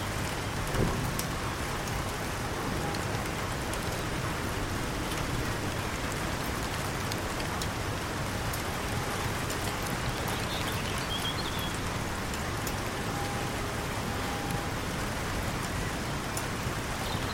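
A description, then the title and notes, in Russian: Rain falls on a canal in a steady, dense patter throughout, with a brief faint bird chirp near the ten-second mark. Капли дождя на реке. Уютный уголок сельской местности, где нежные капли дождя целуют поверхность спокойного канала. Это весенний дождик, и воздух наполнен сладкой мелодией далекой песни птиц.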